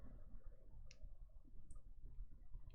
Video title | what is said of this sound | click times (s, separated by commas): Eddie Stobart Moving the Nation "Twiggy" 1:12 Model build Issues 67-70 of 140 | oh yeah there it goes it's locked into place | 0.9 s